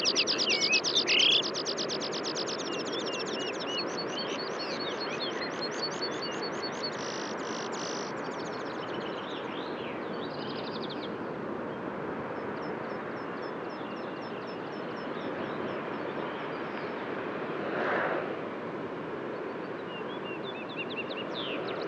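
Birds call at daybreak high on a mountain pass, with a quick rising chirp near the start and bright trills and twitters scattered across the first ten seconds, then thinning out. A steady low rushing, like wind or traffic, fills the background, swelling briefly around eighteen seconds.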